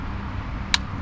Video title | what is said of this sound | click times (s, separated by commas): Raleigh Venture iE Review - $2.5k | You need to push kind of hard, make sure you hear that click, okay? | 0.7 s